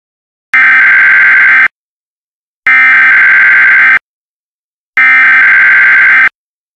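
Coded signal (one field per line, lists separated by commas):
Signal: Emergency Alert System (SAME) tones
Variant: header bursts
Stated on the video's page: Fictional mock-up EAS Blizzard Warning for northeastern Pennsylvania.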